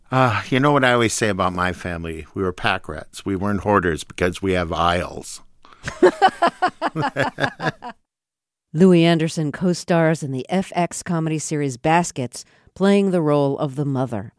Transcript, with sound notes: You know what I always say about my family? We were packrats. We weren't hoarders because we have aisles.
(LAUGHTER)
Louie Anderson costars in the FX comedy series "Baskets," playing the role of the mother.